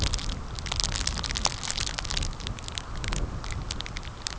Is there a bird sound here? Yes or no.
no